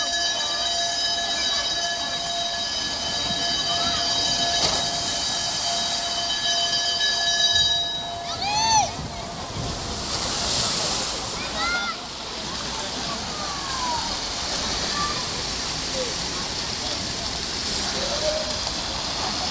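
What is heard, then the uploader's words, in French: At the Palatinus baths in Budapest, a steady rushing wash and murmur of voices, with a high whine that stops near eight seconds, then scattered chirps. Budapest, les bains Palatinus. Le bain en plein air se trouve dans l'île Marguerite, dans un milieu naturelle.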